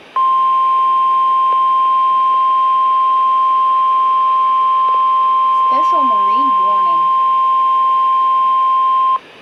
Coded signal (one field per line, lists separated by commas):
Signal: Emergency Alert System (SAME) tones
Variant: 1050 Hz attention tone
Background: speech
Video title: Special marine warning and glitch (EAS 13)